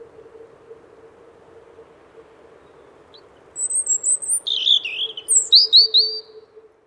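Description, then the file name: European robin singing after a few quiet seconds: a thin high whistle followed by tumbling, twittering trills, with a soft constant hum beneath. "Golosa ptic i zverei - Zaryanka"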